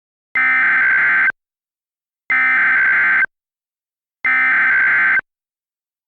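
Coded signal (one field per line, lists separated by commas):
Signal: Emergency Alert System (SAME) tones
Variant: header bursts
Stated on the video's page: Fictional tsunami and earthquake alert scenario for the Oregon coast.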